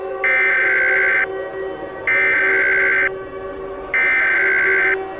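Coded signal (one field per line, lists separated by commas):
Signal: Emergency Alert System (SAME) tones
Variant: header bursts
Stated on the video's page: Fictional EAS scenario with added loud sound effects.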